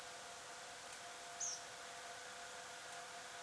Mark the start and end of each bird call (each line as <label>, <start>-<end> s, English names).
Tree Pipit, 1.40-1.59 s